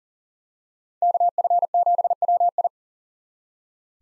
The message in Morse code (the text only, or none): KF7WI